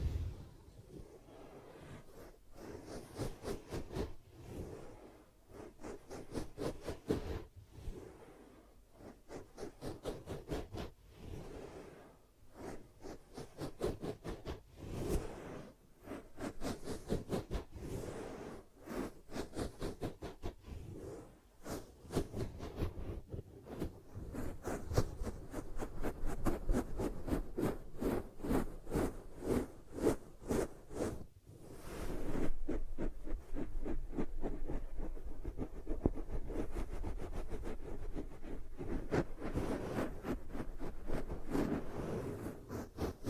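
Ear cupping sounds: soft, muffled rubbing and pressing, with many quick taps and thumps that come in uneven bursts. The texture is mostly low and dull, with brief brighter edges on some strikes. It gets denser and steadier after about 32 seconds.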